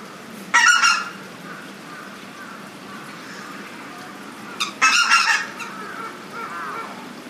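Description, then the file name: Lesser White-fronted Goose honking in two short, harsh bursts of several rapid notes, separated by a few seconds of quiet background hiss. "karigane"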